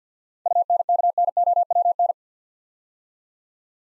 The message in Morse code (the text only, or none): UNKNOWN